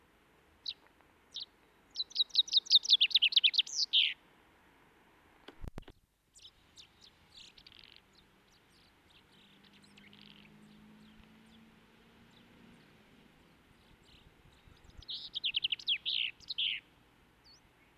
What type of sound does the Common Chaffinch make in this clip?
song